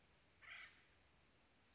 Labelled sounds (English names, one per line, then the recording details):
Acorn Woodpecker
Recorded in Sonoma County, California